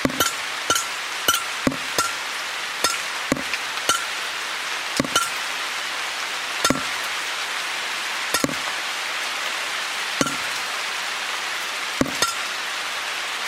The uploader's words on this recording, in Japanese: 雨漏り。梅雨の6月。とりあえずその辺にあるお皿で水滴受け、お皿がいっぱいになったら他のお皿に変え。